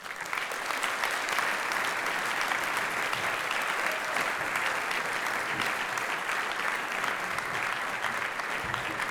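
Sustained applause from a theatre audience at Teatro Gavazzeni in Seriate, welcoming the music show Jukebox a Teatro to the stage: a dense, even roar of many hands clapping at once that holds steady and loud for about nine seconds, with no voices standing out.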